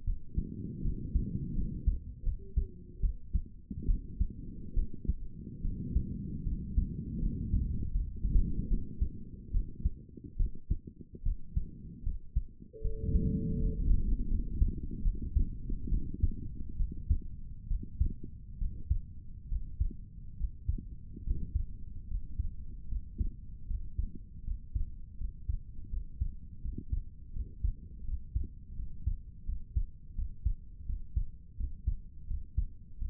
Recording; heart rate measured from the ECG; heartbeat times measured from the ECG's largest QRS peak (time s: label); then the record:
heart sounds by stethoscope; 77 bpm
0.04 s: heartbeat
0.81 s: heartbeat
1.53 s: heartbeat
2.23 s: heartbeat
3.00 s: heartbeat
3.85 s: heartbeat
4.73 s: heartbeat
5.61 s: heartbeat
6.43 s: heartbeat
7.19 s: heartbeat
7.91 s: heartbeat
8.67 s: heartbeat
9.51 s: heartbeat
10.36 s: heartbeat
11.23 s: heartbeat
12.03 s: heartbeat
12.81 s: heartbeat
13.59 s: heartbeat
14.27 s: heartbeat
15.02 s: heartbeat
15.88 s: heartbeat
16.76 s: heartbeat
17.67 s: heartbeat
18.57 s: heartbeat
19.48 s: heartbeat
20.36 s: heartbeat
21.23 s: heartbeat
22.07 s: heartbeat
22.87 s: heartbeat
23.66 s: heartbeat
24.43 s: heartbeat
25.16 s: heartbeat
25.89 s: heartbeat
26.60 s: heartbeat
27.32 s: heartbeat
28.03 s: heartbeat
28.75 s: heartbeat
29.44 s: heartbeat
30.14 s: heartbeat
30.85 s: heartbeat
31.56 s: heartbeat
32.26 s: heartbeat
32.97 s: heartbeat
From the record:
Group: healthy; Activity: rest 0-12 s, Valsalva maneuver 12-33 s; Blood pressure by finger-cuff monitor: 153/84 mmHg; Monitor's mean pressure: 103 mmHg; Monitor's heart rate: 77 bpm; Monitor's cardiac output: 6 L/min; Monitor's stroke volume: 84 mL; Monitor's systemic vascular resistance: 1150 dyn s/cm5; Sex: female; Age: 22 years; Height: 154 cm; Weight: 58.7 kg